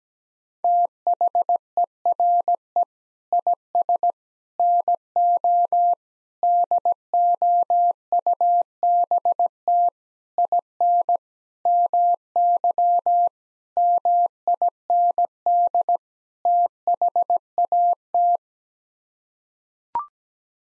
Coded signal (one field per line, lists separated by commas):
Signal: Morse code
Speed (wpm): 17 wpm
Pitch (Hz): 700 Hz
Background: none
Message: THERE IS NO DOUBT IN MY MIND THAT